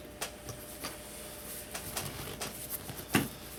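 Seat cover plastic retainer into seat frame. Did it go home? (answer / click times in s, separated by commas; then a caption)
no / none. A plastic retainer on a leather driver seat cover for a GMC Acadia, Buick Enclave, Saturn Outlook or Chevrolet Traverse is pushed onto the seat frame over several attempts, with a screwdriver needed for this step. Soft scattered plastic taps and rubs are heard, with the loudest short knocks near 0.2 s and 3.2 s. Nothing has seated or popped in yet.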